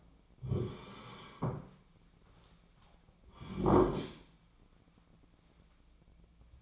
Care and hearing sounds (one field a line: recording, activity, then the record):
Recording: daily activity, microphone in the room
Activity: sit down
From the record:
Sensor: 1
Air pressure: 1009.3 hPa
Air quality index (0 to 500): 178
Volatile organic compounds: 3 ppm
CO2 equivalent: 1498 ppm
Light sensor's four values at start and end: 37/99/41/48 and 40/108/44/53